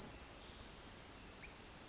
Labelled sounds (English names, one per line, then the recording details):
Pacific Wren
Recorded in Sonoma County, California